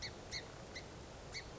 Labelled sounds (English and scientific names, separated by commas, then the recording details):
Song Sparrow (Melospiza melodia)
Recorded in Sonoma County, California